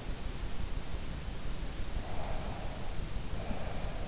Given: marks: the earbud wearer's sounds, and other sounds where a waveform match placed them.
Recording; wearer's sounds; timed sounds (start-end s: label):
sounds in sleep by an in-ear microphone; breath
2.06-4.08 s: breath